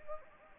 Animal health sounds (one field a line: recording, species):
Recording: mosquito wingbeat signal from an infrared sensor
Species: Anopheles gambiae